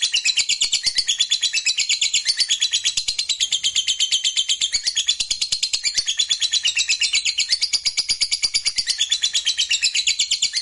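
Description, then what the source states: Lovebird in full song: rapid, shrill, buzzy chattering repeated in a fast, even rhythm for the whole stretch. Fighter lovebird, gacor (singing energetically).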